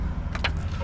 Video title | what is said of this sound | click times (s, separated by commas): First mods on my 2024 911. Side marker replacement on 992 is a must, Here's how... | this little lcha you just push that down so it unclips right you see the little lift | 0.3 s, 0.4 s